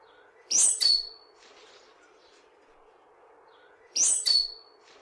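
Stitchbird call given twice, each a harsh high burst followed by a thin whistled tail, a few seconds apart over a steady background hum.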